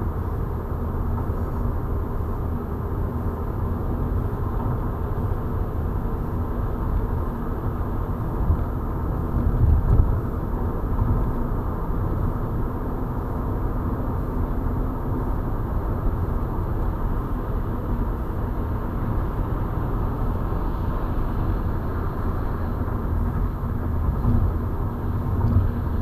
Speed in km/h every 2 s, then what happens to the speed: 91, 93, 94, 96, 96, 97, 98, 98, 98, 98, 98, 95, 93.
0-26 steady at about 96.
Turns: none.